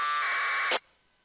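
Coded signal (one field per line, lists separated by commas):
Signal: packet radio (AX.25, as in APRS)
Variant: 1200 baud AFSK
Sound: one short harsh warbling data burst under a second, ending in a squelch crash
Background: radio static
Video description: tuned to the APRS frequency 144.390 MHZ NFM, Filter bandwidth set at 11400, squelch set at 50 and running AFSK1200 Decoder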